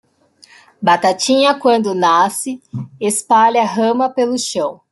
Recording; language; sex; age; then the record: short text; Brazilian Portuguese; female; 20 to 29 years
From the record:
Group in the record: control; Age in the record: 29 years